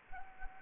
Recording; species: mosquito wingbeat signal from an infrared sensor; Anopheles gambiae